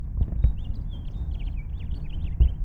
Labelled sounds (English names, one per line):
House Finch song